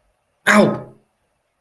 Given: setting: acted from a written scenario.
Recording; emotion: vocal sound without words; pain